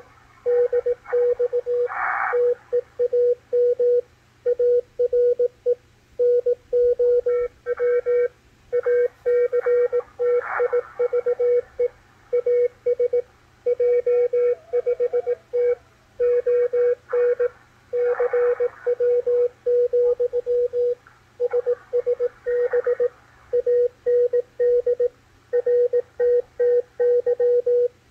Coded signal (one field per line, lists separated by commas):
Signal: Morse code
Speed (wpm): 18 wpm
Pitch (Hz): 490 Hz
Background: radio noise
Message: DX TEAM ARE NOW ACTIVE AS J5T ON CW, SSB AND RTTY